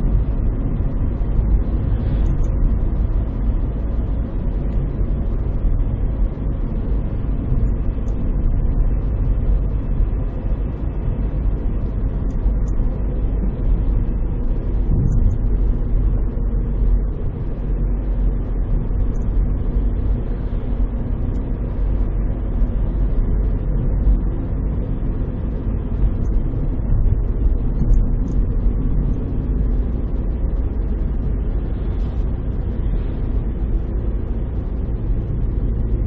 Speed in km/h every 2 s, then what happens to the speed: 58, 58, 57, 56, 56, 54, 52, 50, 50, 51, 53, 54, 54, 51, 45, 45, 44, 40.
0-9 steady at about 57. 9-14 slows to 50. 14-24 steady at about 51. 24-36 slows to 40.